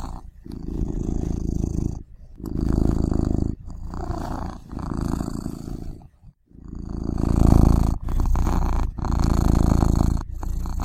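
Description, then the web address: Cat purring, a low rumbling drone in bursts of one to two seconds with brief pauses between breaths. "garrigue Final Sounds Cat Purring"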